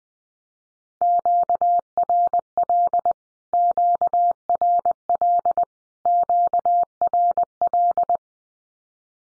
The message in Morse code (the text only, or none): QRL QRL QRL